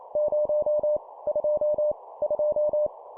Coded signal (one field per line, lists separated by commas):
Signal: Morse code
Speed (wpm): 28 wpm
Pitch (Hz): 600 Hz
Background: none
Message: 0 2 2